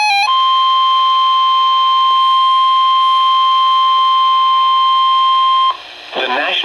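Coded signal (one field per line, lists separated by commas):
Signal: Emergency Alert System (SAME) tones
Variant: 1050 Hz attention tone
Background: speech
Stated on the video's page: Severe thunderstorm warning received on weather radio transmitter WXJ87, Madison, WI.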